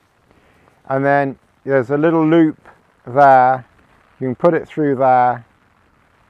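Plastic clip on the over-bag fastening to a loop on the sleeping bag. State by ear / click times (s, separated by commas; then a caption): not seated / none. A small plastic clip on the over-bag of a PHD Icelandic Backpackers 300 quilt is threaded through a loop on the sleeping bag while someone talks over quiet background. Nothing has snapped into place yet; the clip ends just before the clip seats.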